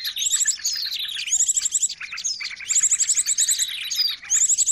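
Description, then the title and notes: Bird chorus of busy high chirps, with quick rattled trills recurring throughout. Noisy birds used as a lure for attracting birds. "Burung Ribut Pikat"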